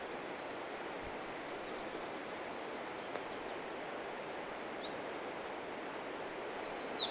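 Willow warbler singing: soft high phrases, the last a clearer sweet cascade sliding downward, over steady loud rushing background noise.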